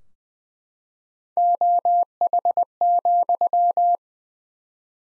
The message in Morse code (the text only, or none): OH,